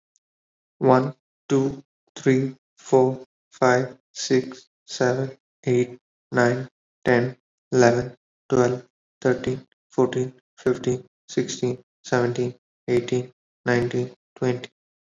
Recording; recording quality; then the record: counting at a normal pace; excellent, no background noise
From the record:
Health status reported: respiratory illness, not identified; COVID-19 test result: not tested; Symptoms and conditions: breathing difficulty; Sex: male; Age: 22 years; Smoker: not ticked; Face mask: not worn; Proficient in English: yes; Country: India